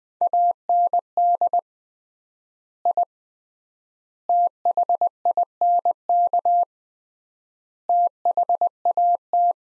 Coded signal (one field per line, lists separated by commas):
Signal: Morse code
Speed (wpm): 20 wpm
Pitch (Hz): 700 Hz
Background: none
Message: AND I THINK THAT